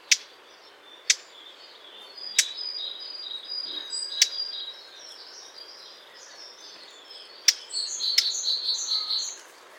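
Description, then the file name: Eurasian blackcap calls: short, dry ticking notes at irregular intervals, roughly six in ten seconds, over a faint, continuous chatter of songbirds. "Sylvia atricapilla"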